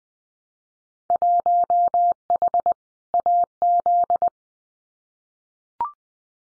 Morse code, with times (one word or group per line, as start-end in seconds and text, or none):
1.1-2.7 1H
3.1-4.3 AZ